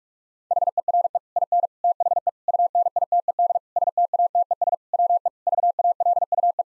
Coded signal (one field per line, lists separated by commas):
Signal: Morse code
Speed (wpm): 48 wpm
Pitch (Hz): 700 Hz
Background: none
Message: HERE IN THE UNITED STATES WE VALUE